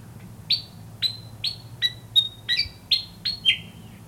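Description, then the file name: Pied fantail song of about nine clear whistled notes in quick succession, some sliding down, over a low background hum. "kipasan kebun"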